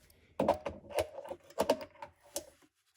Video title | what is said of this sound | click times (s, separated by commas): Youngstown Cabinet Restoration | There we go. I heard it click in. | 0.4 s